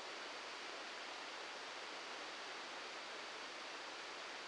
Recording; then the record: brain microelectrode recording played as sound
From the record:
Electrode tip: outside the subthalamic nucleus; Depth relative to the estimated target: 0 mm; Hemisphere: left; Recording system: NeuroSet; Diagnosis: Parkinson's disease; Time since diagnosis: 7 years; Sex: male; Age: 44 years